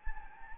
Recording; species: mosquito wingbeat signal from an infrared sensor; Anopheles gambiae